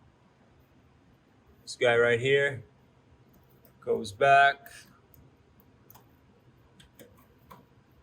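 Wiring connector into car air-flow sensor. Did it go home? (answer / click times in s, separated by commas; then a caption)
yes / 5.9 s. Someone talks, then pushes the electrical plug back onto the air-flow sensor behind the bumper trim of a BMW G30/F90, taking care not to push the sensor out. A sharp click at 5.9 s marks the connector seating, and a few faint ticks follow. The plug is confirmed seated and good to go.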